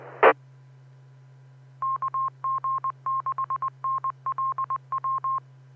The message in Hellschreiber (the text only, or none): none